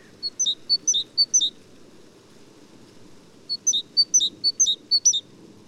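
Great tit song: two bouts of several see-saw phrases, a high clear note dropping to a lower swooping note, with roughly two seconds of quiet between bouts.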